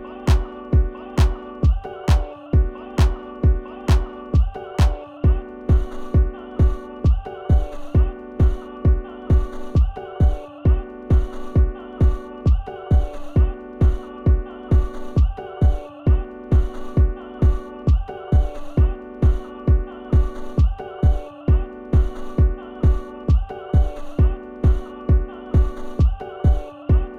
Heartbeat.